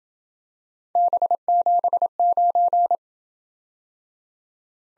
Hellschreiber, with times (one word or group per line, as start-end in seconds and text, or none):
none